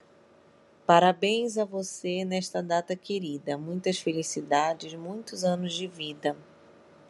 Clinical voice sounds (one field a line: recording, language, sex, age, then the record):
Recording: short text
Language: Brazilian Portuguese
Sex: female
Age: 40 to 49 years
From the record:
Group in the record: control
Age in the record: 41 years